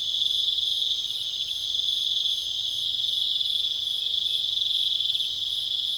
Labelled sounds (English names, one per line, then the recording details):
none
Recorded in pastures near Puerto Asís, Putumayo, Colombia, on 21 December 2024 at 20:00
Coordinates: 0.486, -76.323
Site GP01